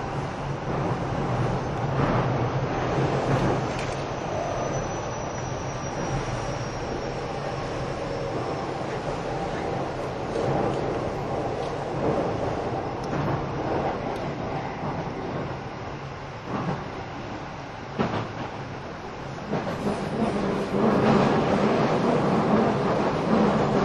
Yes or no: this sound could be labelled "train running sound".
yes